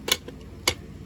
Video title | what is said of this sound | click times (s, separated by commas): Wheel's Wednesday! Transformers Micro Machines Optimus Prime Base Playset | now it locks into place it's got the little thing right there | 0.7 s